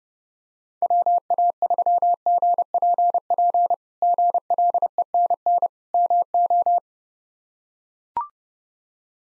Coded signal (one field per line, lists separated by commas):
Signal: Morse code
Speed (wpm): 32 wpm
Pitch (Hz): 700 Hz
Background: none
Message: WA3GPP GLENN MO